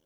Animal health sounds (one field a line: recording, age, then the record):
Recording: pig call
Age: piglet (1 to 25 days)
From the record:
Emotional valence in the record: positive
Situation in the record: short reunion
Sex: female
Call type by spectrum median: low-frequency call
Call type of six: low-frequency tonal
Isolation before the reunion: 3 minutes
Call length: 0.05 s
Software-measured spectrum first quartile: 380 Hz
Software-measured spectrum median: 1865 Hz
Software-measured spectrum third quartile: 8336 Hz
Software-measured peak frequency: 313 Hz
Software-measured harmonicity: 5.9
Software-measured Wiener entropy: -2.31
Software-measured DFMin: 894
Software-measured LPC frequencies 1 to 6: 498, 1531, 3061, 6083, 9316, 10204 Hz